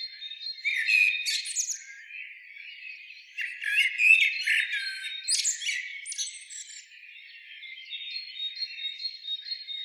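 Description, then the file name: Common blackbird, scratchy twittering phrases and brief warbles, with a thin steady high whistle-like tone running through much of the recording. "Turdus merula"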